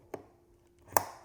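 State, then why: Seated. A wireless XLR transmitter plug is pushed into the XLR input jack on the back of a speaker. A soft knock is heard at 0.1 s, followed by a sharp click at 1.0 s as the latch engages. The plug is seated and will not pull out.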